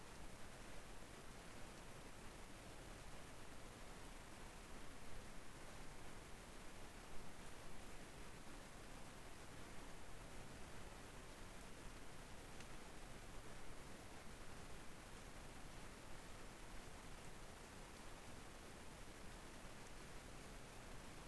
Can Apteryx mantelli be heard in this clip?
no